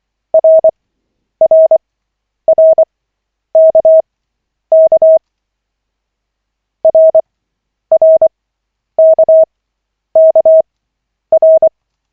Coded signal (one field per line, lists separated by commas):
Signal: Morse code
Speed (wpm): 24 wpm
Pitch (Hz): 640 Hz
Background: none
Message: RRRKK RRKKR